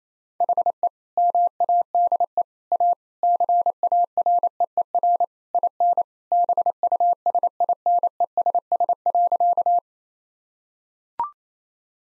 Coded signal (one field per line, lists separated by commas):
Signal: Morse code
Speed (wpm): 28 wpm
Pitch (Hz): 700 Hz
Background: none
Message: HE MADE A CAREER IN BUSINESS.